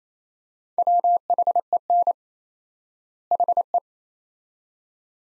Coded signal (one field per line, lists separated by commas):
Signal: Morse code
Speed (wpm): 28 wpm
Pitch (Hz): 700 Hz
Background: none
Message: WHEN HE